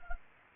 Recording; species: mosquito wingbeat signal from an infrared sensor; Anopheles arabiensis